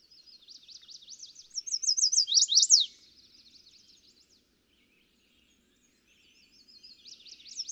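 Chestnut-sided warbler song: high, rapid slurred notes rising in volume to a couple of emphatic down-slurred notes at the end, then quiet before a soft new start.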